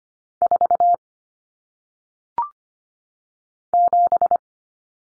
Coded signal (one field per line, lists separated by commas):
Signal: Morse code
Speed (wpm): 25 wpm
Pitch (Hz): 700 Hz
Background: none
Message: 4 7